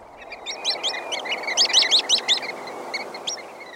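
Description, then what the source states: Sanderling calls: a quick chattering run of short, sharp, high twick notes, densest in the middle, then a few scattered notes, over a steady background hiss. Shorebird with black legs and feet, running along sandy beaches in front of the oncoming waves.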